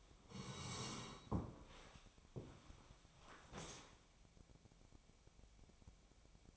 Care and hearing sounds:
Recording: daily activity, microphone in the room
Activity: sit down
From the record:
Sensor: 1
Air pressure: 1000.4 hPa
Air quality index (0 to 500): 176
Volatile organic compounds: 4 ppm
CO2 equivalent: 1624 ppm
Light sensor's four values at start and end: 13/30/13/14 and 13/30/13/14

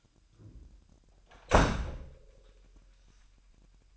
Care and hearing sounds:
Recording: daily activity, microphone in the room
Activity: close door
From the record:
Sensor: 2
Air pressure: 998.3 hPa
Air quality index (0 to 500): 140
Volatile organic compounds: 4 ppm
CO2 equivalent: 1588 ppm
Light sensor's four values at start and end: 12/34/14/13 and 12/34/14/13

